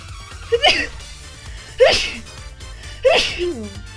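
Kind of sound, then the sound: human body sound, sneeze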